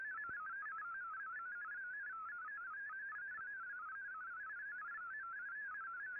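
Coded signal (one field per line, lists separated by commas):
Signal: multi-tone FSK (Olivia or MFSK type)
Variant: MFSK32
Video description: Here is my decode of the Shortwave Radiogram broadcast today on 15770Khz shortwave radio at 1300UTC in MFSK32 and 64 with 9 SSTV images.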